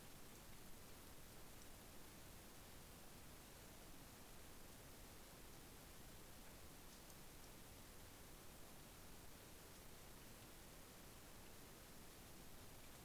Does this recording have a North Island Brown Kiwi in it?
no